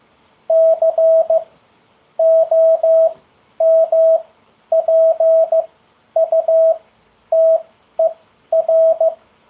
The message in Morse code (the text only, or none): COMPUTER